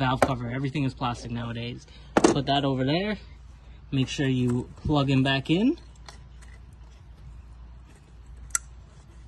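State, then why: Seated. Someone talks about the plastic valve cover while working on a 2011-2017 Ford 3.5L or 3.7L Duratec V6 engine after a spark plug change, then goes quiet. At 8.6 s a single sharp click is heard as the coil pack electrical connector snaps onto the ignition coil and seats, locked into place.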